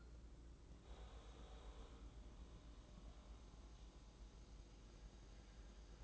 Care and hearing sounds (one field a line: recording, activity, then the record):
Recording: daily activity, microphone in the room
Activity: make coffee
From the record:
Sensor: 3